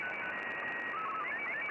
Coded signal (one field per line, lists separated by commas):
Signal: SSTV (slow-scan television)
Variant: Martin 2